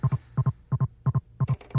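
Fast, regular, loud paired whooshing thumps at about 170 a minute: the heartbeat of a baby boy in the womb on a hospital Doppler monitor. The baby was in trouble unnoticed and was stillborn two weeks later.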